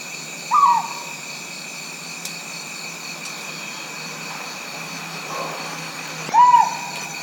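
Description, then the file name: Rinjani scops owl singing two short hoots about six seconds apart, with continuous insect trilling and a few faint clicks between. "Otus jolandae song"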